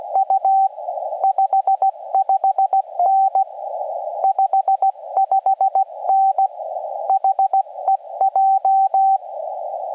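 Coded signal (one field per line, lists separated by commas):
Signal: Morse code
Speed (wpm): 16 wpm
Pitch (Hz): 780 Hz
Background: radio noise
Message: U 55N 55N HEJ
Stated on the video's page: Portable POTA CW activation from a Norwegian nature reserve in rain, using an FT-891, with pile-up, North American DX, slow sending and fading.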